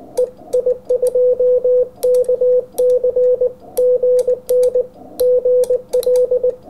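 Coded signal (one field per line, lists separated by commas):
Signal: Morse code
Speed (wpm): 19 wpm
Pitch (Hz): 500 Hz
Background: radio noise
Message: EI2KC GN GL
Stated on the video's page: 40 metre CW contact with Florida, sent barefoot at 100 watts into an inverted V dipole.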